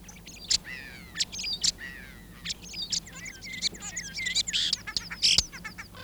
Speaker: Kottaraisen laverteleva laulu on hyvin vaihtelevaa ja se on hyvä matkimaan muita lintuja.